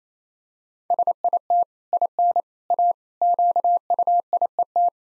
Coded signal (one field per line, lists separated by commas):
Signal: Morse code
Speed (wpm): 28 wpm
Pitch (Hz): 700 Hz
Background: none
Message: SIT IN A QUIET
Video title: Easy Sentences with Hints - 28wpm